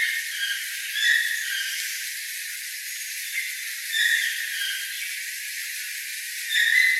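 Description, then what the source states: Toucans giving a few spaced, buzzy yelps over a constant background hiss. Several toucans.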